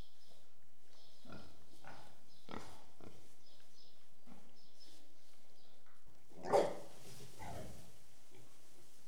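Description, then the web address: Pig: low grunts early on, then a louder sharp grunt near the end followed by another. Pigs in a shed. "BBC Sound Effects Library BBC - Animals and Birds Pigs In Shed With Distant Birds"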